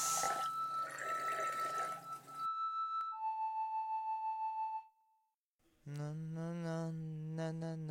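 A steady hiss of running water for about two seconds as a person rinses pre-shave cream off their face, then clear whistled notes at steady pitches, a short pause, and a voice humming a tune.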